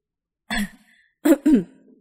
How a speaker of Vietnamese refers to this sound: Một khắc này, Hứa Thanh Tiêu không nhịn được mà ho khan một tiếng.